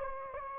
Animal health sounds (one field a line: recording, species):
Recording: mosquito wingbeat signal from an infrared sensor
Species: Anopheles gambiae